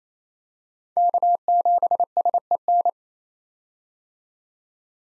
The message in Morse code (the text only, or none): K7SEN